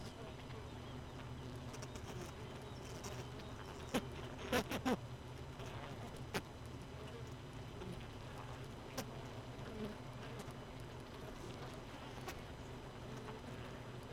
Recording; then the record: honeybee colony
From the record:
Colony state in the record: missing queen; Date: 31 May 2018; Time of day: 4:30